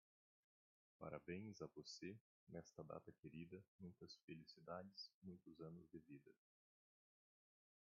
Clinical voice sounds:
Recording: short text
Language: Brazilian Portuguese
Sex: male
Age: 40 to 49 years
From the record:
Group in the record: control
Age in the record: 40 years

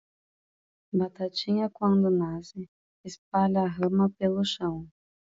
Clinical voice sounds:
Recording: short text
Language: Brazilian Portuguese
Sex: female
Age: 20 to 29 years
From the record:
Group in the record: control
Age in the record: 24 years

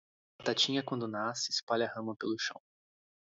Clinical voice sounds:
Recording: short text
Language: Brazilian Portuguese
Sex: male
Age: 20 to 29 years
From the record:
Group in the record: control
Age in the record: 28 years

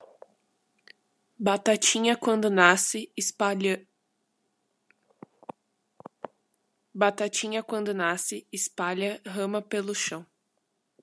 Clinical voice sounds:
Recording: short text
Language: Brazilian Portuguese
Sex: female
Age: 18 to 19 years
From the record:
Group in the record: control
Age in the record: 18 years

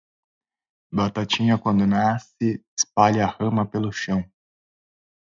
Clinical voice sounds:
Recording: short text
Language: Brazilian Portuguese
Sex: male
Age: 30 to 39 years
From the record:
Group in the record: control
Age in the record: 38 years

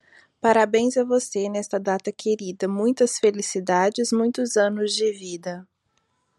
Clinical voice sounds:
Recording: short text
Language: Brazilian Portuguese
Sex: female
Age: 30 to 39 years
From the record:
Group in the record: control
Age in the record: 38 years

